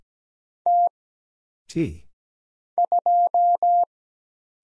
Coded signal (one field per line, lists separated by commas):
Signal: Morse code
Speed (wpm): 17 wpm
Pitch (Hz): 700 Hz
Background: none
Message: T 2